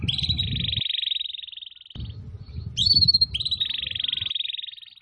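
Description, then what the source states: Atlantic canary song: long, fast rolling trills held high, a short break, then a bright rising note and another sustained trill, over a low rumbling background noise. Canary (kenari) song used to lure birds (pikat burung).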